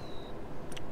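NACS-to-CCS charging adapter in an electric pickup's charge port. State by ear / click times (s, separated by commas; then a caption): released / 0.8 s. A Lectron Vortex NACS-to-CCS charging adapter is unlatched from the charge port of a 2023 F-150 Lightning electric pickup by pressing the release on its handle. Over a steady low background with a faint high tone early on, the latch clicks open at 0.8 s, surrounded by short brighter ticks. The adapter is released and comes straight out without trouble.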